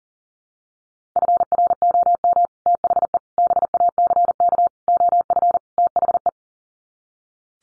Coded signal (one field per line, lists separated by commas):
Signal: Morse code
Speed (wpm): 40 wpm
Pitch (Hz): 700 Hz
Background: none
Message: FROM THE BACK OF THE